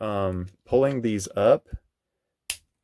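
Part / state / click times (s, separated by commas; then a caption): plastic snap piece out of the toy robot body / released / 2.5 s. Someone talks while pulling up a tightly held plastic snap piece out of the body of a Hasbro Dino Megazord toy robot action figure. After a short pause, the piece releases with a single loud, sharp snap at 2.5 s, popping open because it is held in so firmly.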